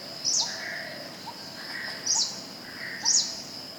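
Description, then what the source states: Greenish warbler giving three sharp, slurred high call notes at uneven intervals over a continuous insect buzz and soft lower bird notes. Recorded at Thekkady on 12 October 2015.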